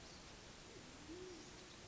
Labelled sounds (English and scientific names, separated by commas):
Band-tailed Pigeon (Patagioenas fasciata)